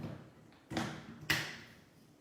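Plastic Lux Blox construction panels are pre-snapped into adjoining panels while building a Ferris wheel, a step treated as the fun part. After a faint tap near 0.5 s, two sharp plastic snaps ring out at 0.8 s and 1.3 s, the second the loudest, with a soft knock at the very end. Both snaps mark the panels seating together.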